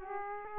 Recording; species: mosquito wingbeat signal from an infrared sensor; Aedes aegypti